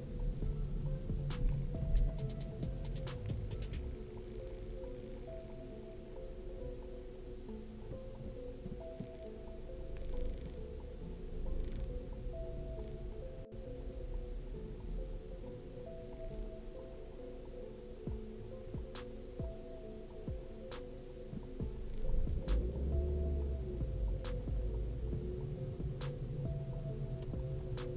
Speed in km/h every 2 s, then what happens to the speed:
18, 14, 3, 0, 0, 0, 0, 0, 0, 0, 0, 2, 12, 13.
0-5 brakes to 0. 5-22 standing. 22-24 pulls away to 12.